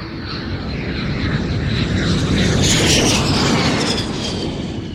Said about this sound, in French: À 8h05, le Fairchild numéro 571 de l'armée de l'air uruguayenne décolle.